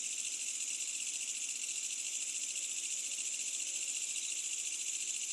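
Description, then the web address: Insects trilling in a dense, steady high-pitched chorus at night, a continuous shimmering buzz with no breaks and little else heard beneath it. Medium-density insect ambience on a summer night in Asian countryside with a distant village. "Smart Sound FX - Asian Countrysides AMBIENCE Insects Medium Night Summer Distant Village"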